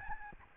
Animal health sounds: mosquito wingbeat signal from an infrared sensor; Aedes albopictus

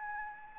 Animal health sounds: mosquito wingbeat signal from an infrared sensor; Anopheles gambiae

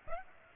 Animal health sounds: mosquito wingbeat signal from an infrared sensor; Aedes aegypti

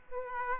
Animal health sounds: mosquito wingbeat signal from an infrared sensor; Aedes aegypti

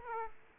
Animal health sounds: mosquito wingbeat signal from an infrared sensor; Aedes aegypti

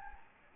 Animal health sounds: mosquito wingbeat signal from an infrared sensor; Anopheles gambiae

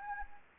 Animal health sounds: mosquito wingbeat signal from an infrared sensor; Anopheles arabiensis

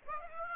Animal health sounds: mosquito wingbeat signal from an infrared sensor; Aedes aegypti

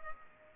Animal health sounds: mosquito wingbeat signal from an infrared sensor; Culex pipiens

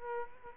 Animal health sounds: mosquito wingbeat signal from an infrared sensor; Aedes aegypti

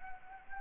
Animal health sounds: mosquito wingbeat signal from an infrared sensor; Anopheles gambiae

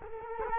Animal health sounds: mosquito wingbeat signal from an infrared sensor; Culex quinquefasciatus

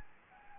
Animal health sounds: mosquito wingbeat signal from an infrared sensor; Anopheles gambiae

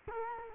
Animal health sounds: mosquito wingbeat signal from an infrared sensor; Culex quinquefasciatus

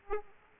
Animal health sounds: mosquito wingbeat signal from an infrared sensor; Aedes aegypti

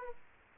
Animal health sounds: mosquito wingbeat signal from an infrared sensor; Aedes aegypti

